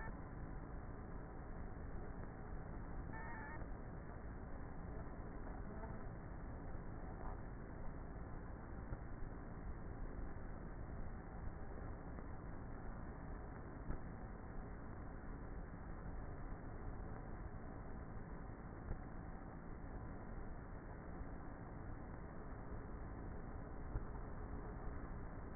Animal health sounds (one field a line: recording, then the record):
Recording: honeybee colony, microphone inside the hive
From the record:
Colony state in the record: queenless with a low population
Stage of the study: before two queens were removed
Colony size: about 30,000 bees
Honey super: no